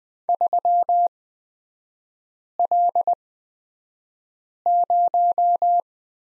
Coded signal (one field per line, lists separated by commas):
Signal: Morse code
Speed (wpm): 20 wpm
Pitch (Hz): 700 Hz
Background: none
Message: 3L0